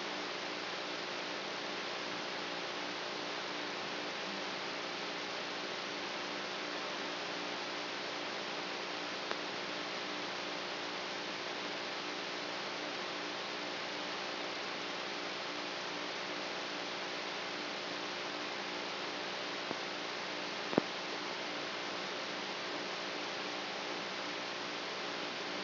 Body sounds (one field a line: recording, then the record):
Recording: brain microelectrode recording played as sound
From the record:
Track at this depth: inside the subthalamic nucleus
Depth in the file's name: 4.003 mm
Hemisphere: right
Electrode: 3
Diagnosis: Parkinson's disease